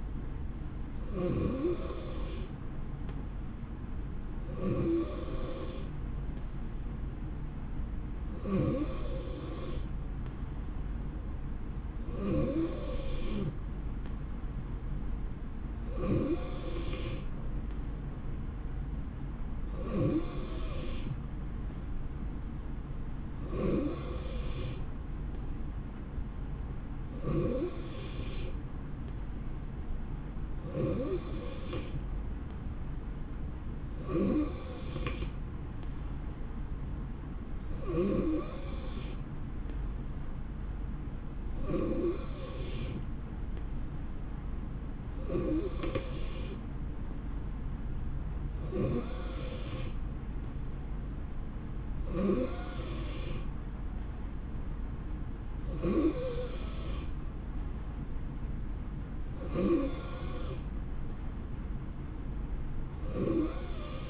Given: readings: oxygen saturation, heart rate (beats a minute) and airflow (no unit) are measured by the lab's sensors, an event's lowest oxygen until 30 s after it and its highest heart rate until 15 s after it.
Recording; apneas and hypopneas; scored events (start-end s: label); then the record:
breathing in sleep by a smartphone at the bedside; none
none scored
From the record:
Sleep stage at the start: N2 (light sleep); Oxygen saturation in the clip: 90 to 91%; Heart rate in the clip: 65 to 72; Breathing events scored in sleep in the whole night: 160 in 9.3 hours asleep